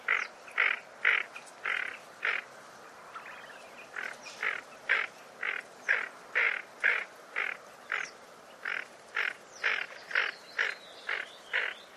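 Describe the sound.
Bird calls, harsh and nasal, repeated about twice a second in a long, slightly irregular series, with faint thin high notes from other birds in the background.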